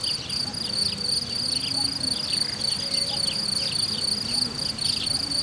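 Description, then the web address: Cricket song, a steady high pulsing trill held throughout, with faint low hum and scattered chirps beneath. Cricket recorded in nature at Hortobágy in 2014, described as idyllic. "allathangok termeszetben tucsok professzionalis 2014 idilli balmikrofonraraszallorovar hortobagy"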